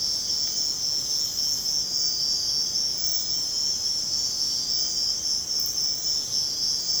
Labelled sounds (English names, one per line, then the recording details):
none
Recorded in secondary vegetation near Puerto Asís, Putumayo, Colombia, on 21 March 2025 at 05:00
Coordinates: 0.485, -76.322
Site G040